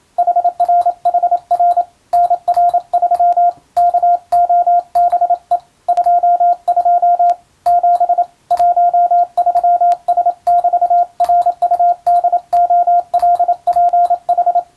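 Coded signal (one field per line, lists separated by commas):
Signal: Morse code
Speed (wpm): 27 wpm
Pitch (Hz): 700 Hz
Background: radio noise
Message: HRHR NR3 KOBE 22 7 13S<BT>RUDOLPH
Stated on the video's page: English Morse practice for the Japanese radio operator exam, sent by a first-class radiotelegraph operator.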